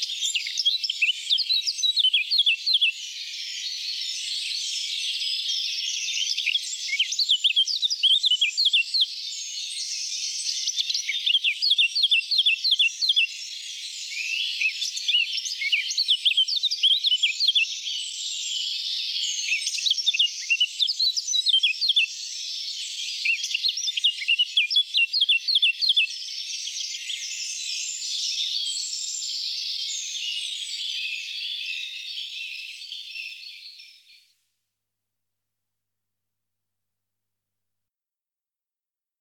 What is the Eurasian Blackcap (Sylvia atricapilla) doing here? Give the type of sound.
song